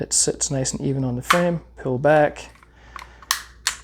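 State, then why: Seated. During reassembly of an FN Five Seven 5.7x28mm pistol, the slide is set evenly on the polymer frame and pulled back while someone talks. Sharp metallic clicks ring out at 3.3 s and 3.7 s as the slide engages the frame. The slide locks into place on the frame, seated.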